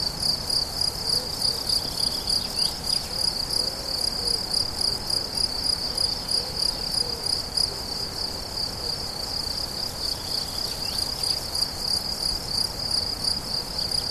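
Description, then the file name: High cricket song repeated in quick pulses throughout. Crickets recorded on 17 July 2013 at La Fortiche with a MZ-N710 recorder. "grillons la fortiche 17 07 13"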